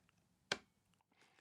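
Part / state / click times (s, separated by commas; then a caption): rechargeable battery into camera flash battery compartment / seated / 0.5 s. A spring-loaded rechargeable lithium battery is pushed back into the plastic battery compartment of a Neewer Z2 speedlight camera flash. At 0.5 seconds it latches with a single dull, damped thud instead of a crisp click as the catch comes back up, and the battery is confirmed seated and closed.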